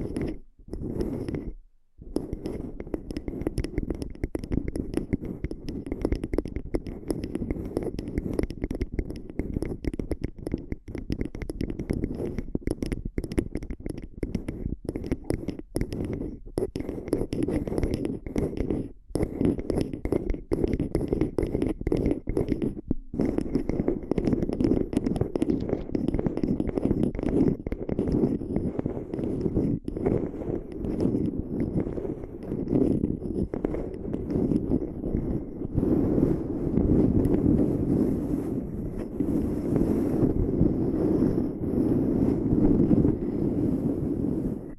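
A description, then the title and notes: Close, steady muffled rubbing and scratching against a microphone, dense and low-pitched, with brief silent gaps near the start and a few pauses around twenty seconds. Ear Extension Triggers.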